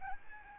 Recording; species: mosquito wingbeat signal from an infrared sensor; Aedes albopictus